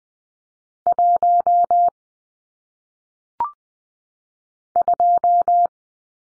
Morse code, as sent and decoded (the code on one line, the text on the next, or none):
.---- / ..---
1 2